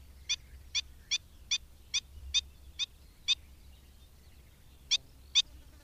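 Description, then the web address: Black-winged stilt uttering a string of sharp nasal yaps about twice a second, then falling silent for over a second before resuming. "Madardalok Cd 3. Gólyatöcs"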